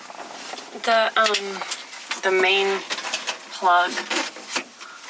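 Someone talks while the main wiring harness plug is pushed by hand toward its mating connector in a tight spot on the truck, with only faint handling noises under the voice. Nothing has seated or clicked yet; the plug is handled but not yet home.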